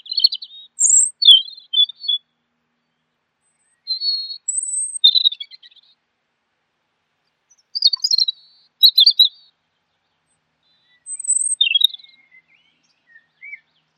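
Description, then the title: Bird song made of short, high, chirpy twittering phrases separated by brief pauses. Masteran training recording. "LuckyBurung MasteranBest"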